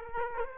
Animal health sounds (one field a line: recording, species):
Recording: mosquito wingbeat signal from an infrared sensor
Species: Aedes aegypti